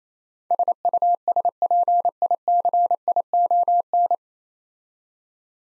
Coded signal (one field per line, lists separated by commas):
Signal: Morse code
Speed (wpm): 27 wpm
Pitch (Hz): 700 Hz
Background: none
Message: SUSPICION